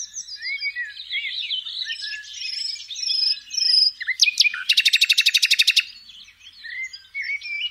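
Common nightingale song: varied high warbled phrases and slurred whistles, then a sudden rapid buzzy series of repeated notes lasting about a second before quieter warbling resumes.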